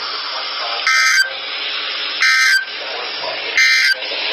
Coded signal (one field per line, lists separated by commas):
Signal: Emergency Alert System (SAME) tones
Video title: Here's more severe weather... (EAS 119-138) 4/20/23